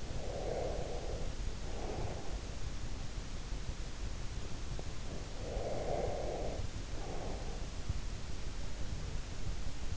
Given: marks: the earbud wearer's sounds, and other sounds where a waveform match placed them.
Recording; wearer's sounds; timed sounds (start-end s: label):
sounds in sleep by an in-ear microphone; breath
0.00-2.60 s: breath
5.06-8.15 s: breath